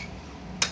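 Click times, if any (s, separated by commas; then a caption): 0.6 s. A release button on one side of a metal walker is pressed and that side is folded in and held until the folding latch locks into the folded position. A single sharp, tick-like click sounds at 0.6 s over a quiet background, and the latch is locked.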